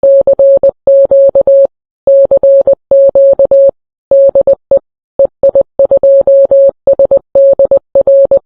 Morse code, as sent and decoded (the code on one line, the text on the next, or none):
-.-. --.- / -.-. --.- / -.. . / . .. ..--- ... -.. .-.
CQ CQ DE EI2SDR